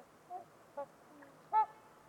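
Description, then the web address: Trumpeter swan calls, three short nasal honks, the last loudest and richest, in a quiet background. Trumpeter swans on a winter evening at Winters Lake in a deep, silent valley, with distant white noise. "Trumpeter Swans on a Winter's Eve. Winters-Lake-with-Swan. Wind Is the Original Radio"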